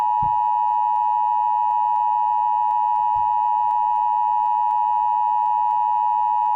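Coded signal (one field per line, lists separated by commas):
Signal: Emergency Alert System (SAME) tones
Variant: 853 and 960 Hz attention tone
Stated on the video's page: Fan-made EAS scenario, not a real alert.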